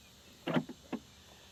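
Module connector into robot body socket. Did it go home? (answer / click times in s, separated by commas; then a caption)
no / none. A connector on the Yarbo 2023 M1 mower module is pushed toward its socket on the robot body, making a cluster of dull plastic knocks and scrapes at about 0.5–0.6 s and another at about 0.9 s. The connector has not clicked in yet.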